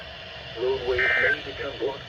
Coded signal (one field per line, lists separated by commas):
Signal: Emergency Alert System (SAME) tones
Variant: end-of-message bursts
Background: speech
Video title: ZERO PRODUCTIVITY AHAHAHAHA (eas alerts from July 21 and 22 2026)